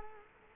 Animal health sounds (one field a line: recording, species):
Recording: mosquito wingbeat signal from an infrared sensor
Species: Culex quinquefasciatus